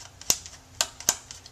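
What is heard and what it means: The last captive screw on a laptop CPU heatsink is loosened from its motherboard standoff. Sharp, bright clicks sound at 0.3, 0.8 and 1.1 seconds, with fainter ticks in between, as the thread disengages and the screw spins free. The screw is released.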